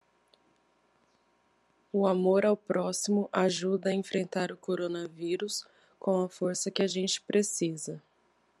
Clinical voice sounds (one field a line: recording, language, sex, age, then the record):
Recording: spoken sentence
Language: Brazilian Portuguese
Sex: female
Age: 30 to 39 years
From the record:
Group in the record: control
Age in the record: 35 years